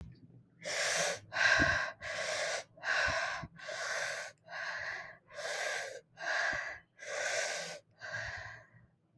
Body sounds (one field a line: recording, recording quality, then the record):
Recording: shallow breathing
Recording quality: excellent, no background noise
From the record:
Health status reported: recovered from COVID-19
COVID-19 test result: positive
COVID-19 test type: RT-PCR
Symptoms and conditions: cough, cold, sore throat, fatigue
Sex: female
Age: 26 years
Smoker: no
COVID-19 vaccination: both doses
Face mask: worn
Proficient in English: yes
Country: India